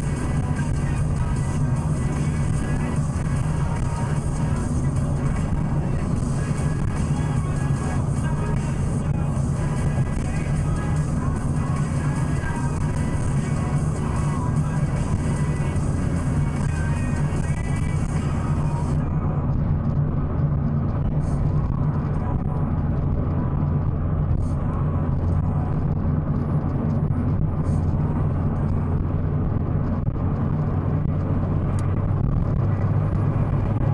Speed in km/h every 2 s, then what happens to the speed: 73, 73, 73, 74, 75, 75, 75, 74, 75, 76, 77, 78, 79, 79, 81, 84, 91.
0-26 steady at about 75. 26-34 speeds up to 91.